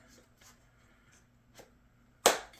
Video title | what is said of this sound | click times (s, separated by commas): Milwaukee Corded Sander First Impression | okay so it kind of snaps into place I guess | 2.3 s